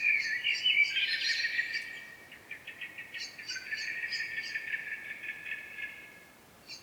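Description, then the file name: Common blackbird singing a rich warble that falls into a string of soft, repeated chattering notes, fading out near the end. "Turdus merula"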